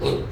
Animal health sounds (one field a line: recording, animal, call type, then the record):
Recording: contact call of a hoofed animal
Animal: pig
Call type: closed-mouth grunt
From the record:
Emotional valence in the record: positive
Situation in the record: food and toys in familiar pen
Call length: 0.33 s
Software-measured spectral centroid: 2070 Hz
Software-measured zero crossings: 1200 a second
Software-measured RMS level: -24 dBFS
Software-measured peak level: -9 dBFS